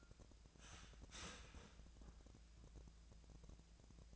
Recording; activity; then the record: daily activity, microphone in the room; start toaster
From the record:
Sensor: 2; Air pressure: 1000.0 hPa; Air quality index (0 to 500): 148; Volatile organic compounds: 2 ppm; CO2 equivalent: 1250 ppm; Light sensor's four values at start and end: 26/65/28/30 and 26/65/28/30